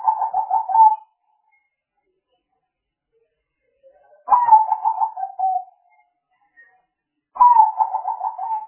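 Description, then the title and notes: Spotted dove coo: three rolling, pulsed phrases, each dropping slightly at the end, separated by about three seconds and then about one and a half seconds of silence. Compilation of spotted dove calls intended as lure sounds for trapping. "Pikat Burung Tekukur. Kumpulan suara burung tekukur"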